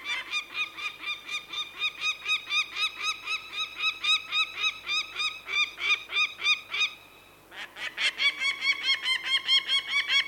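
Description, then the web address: Peregrine falcon alarm calls: harsh, rapid repeated cackling notes, with a brief pause before a final run of calls. Male and female peregrine falcons giving alarm calls in flight. "BBC Falcons"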